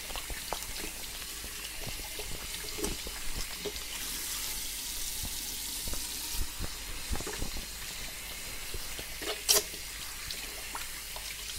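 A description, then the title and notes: Hair salon sounds during a colour, cut and styling: running water at a sink makes a steady hissing bed throughout. A brighter rush of spray swells from about four to six seconds, while small clicks and taps scatter across the clip, with one sharp knock near nine and a half seconds. ASMR Hair Salon Experience Colour Cut & Styling Layered Sounds.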